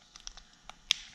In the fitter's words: on you'll hear it all click back into place simple